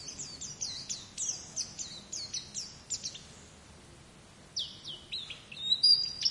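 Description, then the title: White-eye giving a series of high, sliding chirped notes, a quiet gap midway, then a few sharper, louder chirps at the end. "Pleci"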